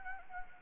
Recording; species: mosquito wingbeat signal from an infrared sensor; Anopheles arabiensis